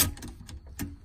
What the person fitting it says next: you can hear the ratchet locking